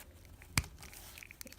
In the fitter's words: it'll snap right in and since we're talking about the tail the tail piece actually detaches from the body